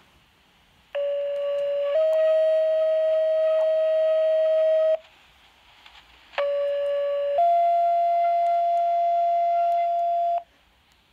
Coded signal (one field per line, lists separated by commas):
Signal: two-tone page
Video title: 2nd Alarm Structure Fire Tones & EVAC Tones